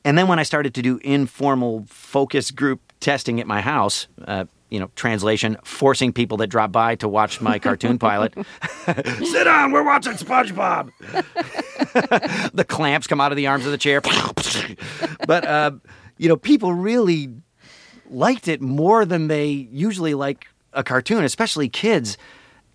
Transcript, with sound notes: And then when I started to do informal focus group testing at my house, you know, translation, forcing people that drop by to watch my cartoon pilot. Sit down, we're watching SpongeBob.
(LAUGHTER)
The clamps come out of the arms of the chair. (Vocalizing). But, you know, people really liked it more than they usually like a cartoon, especially kids.